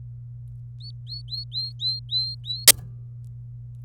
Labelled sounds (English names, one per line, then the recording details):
Domestic Canary song
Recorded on 26 April 2018 at 16:04
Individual llb3